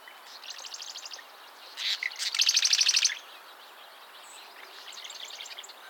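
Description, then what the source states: Mourning warbler sings a loud rolling phrase near midway, with fainter similar phrases before and after. Recorded in the USA, Minnesota, at Old Cedar Ave, on 14 July 2012.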